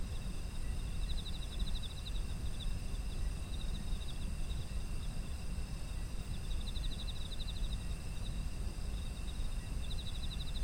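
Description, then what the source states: Autumn insects chirp in several quick pulsed trill bursts, layered over steady high-pitched insect tones and a low background rumble. Ambient sound of autumn insects.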